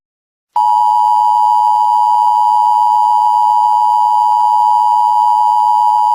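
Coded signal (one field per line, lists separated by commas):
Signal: Emergency Alert System (SAME) tones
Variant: 853 and 960 Hz attention tone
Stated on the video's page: Simulated EAS scenario about stolen trucks and nuclear materials.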